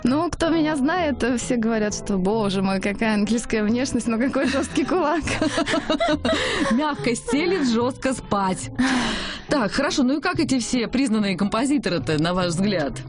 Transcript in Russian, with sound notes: Ну, кто меня знает, все говорят, что «Боже мой, какая ангельская внешность, но какой жесткий кулак» (все смеются)
Мягко сели, жестко спать. Так, хорошо, ну и как эти все признанные композиторы-то на ваш взгляд?